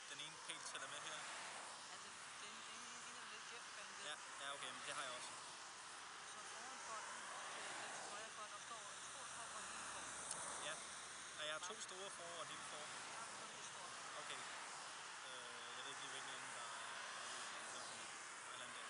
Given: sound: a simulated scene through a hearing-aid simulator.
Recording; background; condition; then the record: conversation; traffic; -4 dB SNR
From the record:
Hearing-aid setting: I (fast-acting compression, audibility-based gain); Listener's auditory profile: C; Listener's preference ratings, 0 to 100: 27, 28, 10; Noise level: 75 dB SPL